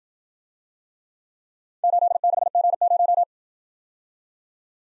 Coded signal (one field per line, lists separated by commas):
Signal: Morse code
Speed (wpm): 54 wpm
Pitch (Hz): 700 Hz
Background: none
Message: 86G0